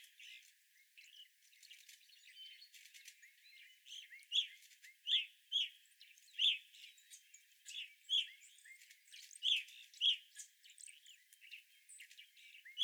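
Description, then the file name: Evening grosbeak calls, bright short notes repeated at irregular intervals of about a second, over softer chirping and twittering. Several evening grosbeaks recorded on 25 April 2021. "2021-04-25 Evening Grosbeaks"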